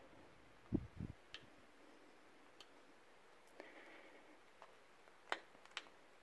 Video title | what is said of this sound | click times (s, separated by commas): How to Connect Multiple V15 Batteries to Power Your GoPro for Long Term Time Lapse Projects | press it tight and hear it click into place each | 5.3 s